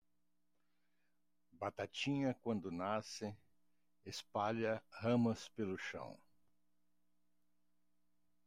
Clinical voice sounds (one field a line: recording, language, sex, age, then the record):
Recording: short text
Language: Brazilian Portuguese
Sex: male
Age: 70 to 79 years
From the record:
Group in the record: control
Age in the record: 72 years